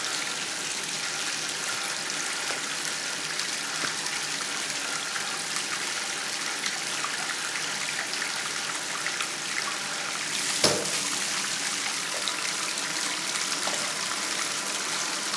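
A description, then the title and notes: Water runs steadily into a bathtub, a dense, bright hiss that holds an even level throughout. Near the eleven-second mark a brief knock or splash stands out, and faint small clicks and drips surface now and then beneath the flow. Running Water, Bathtub.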